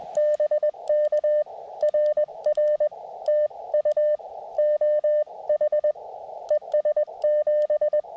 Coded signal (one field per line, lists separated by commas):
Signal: Morse code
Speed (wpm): 20 wpm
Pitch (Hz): 590 Hz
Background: radio noise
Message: BK RR TU OH ES 7